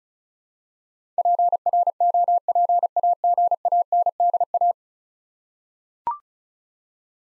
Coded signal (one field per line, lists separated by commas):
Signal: Morse code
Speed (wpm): 36 wpm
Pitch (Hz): 700 Hz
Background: none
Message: PROPAGANDA